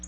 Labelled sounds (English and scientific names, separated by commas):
Black-throated Blue Warbler (Setophaga caerulescens) flight call